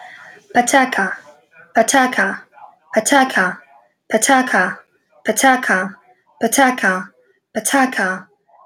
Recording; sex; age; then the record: repeated syllables /pa ta ka/; female; 20 to 29 years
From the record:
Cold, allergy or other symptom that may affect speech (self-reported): no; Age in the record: 28 years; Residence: Massachusetts, United States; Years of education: 17